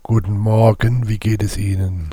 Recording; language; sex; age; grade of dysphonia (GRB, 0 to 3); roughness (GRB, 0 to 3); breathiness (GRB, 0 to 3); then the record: spoken sentence; German; male; 60 to 69 years; 2; 2; 2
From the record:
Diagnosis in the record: recurrent laryngeal nerve paralysis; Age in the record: 61 years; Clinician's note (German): Strumiprive, links mit unvollständiger Kompensation (schlaff)